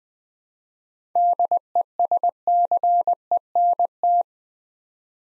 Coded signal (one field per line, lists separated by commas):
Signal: Morse code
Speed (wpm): 20 wpm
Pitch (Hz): 700 Hz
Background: none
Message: DESCENT